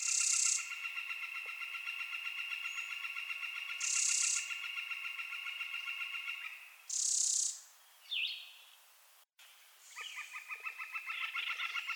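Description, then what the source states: Northern flicker giving a long, rapid, steady series of repeated notes that stops, then resumes. Brief bright hissing bursts break in several times. Subspecies Colaptes auratus collaris.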